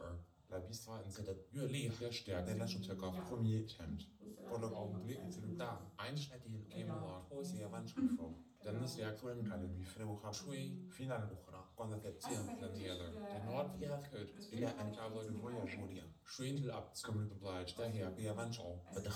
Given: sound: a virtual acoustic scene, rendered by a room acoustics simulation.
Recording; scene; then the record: noise of the scene; living room, asymmetric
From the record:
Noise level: 67 dB SPL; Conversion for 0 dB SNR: 5.4 dB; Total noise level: 72.4 dB SPL